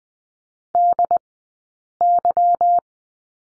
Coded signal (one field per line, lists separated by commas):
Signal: Morse code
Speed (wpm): 20 wpm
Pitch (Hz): 700 Hz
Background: none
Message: DY